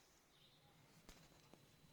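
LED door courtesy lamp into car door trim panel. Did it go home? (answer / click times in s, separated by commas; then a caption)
yes / 1.1 s, 1.5 s. A replacement 3D LED door courtesy lamp, fitted with added foam seals, is pushed into the opening in a car's plastic door trim panel. Two faint clicks are heard at 1.1 s and 1.5 s over a quiet background as it seats. It is installed, though it does not clip in as firmly as the original lamps.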